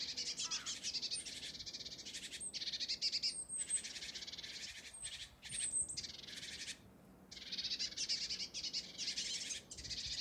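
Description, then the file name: Great tit giving dense, harsh buzzy calls in near-continuous bursts, with a few thin high whistles cutting in between and a short pause around seven seconds. "Parus major"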